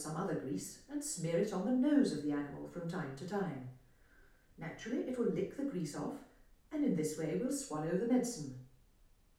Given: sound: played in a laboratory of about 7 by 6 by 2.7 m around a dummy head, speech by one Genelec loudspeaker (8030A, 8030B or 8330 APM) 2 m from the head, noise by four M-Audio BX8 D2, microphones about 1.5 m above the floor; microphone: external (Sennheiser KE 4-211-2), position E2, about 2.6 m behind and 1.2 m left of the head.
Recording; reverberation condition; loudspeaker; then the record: female speech in English; medium; 30 degrees to the left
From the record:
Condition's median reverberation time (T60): about 510 ms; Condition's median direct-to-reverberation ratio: about -0.5 dB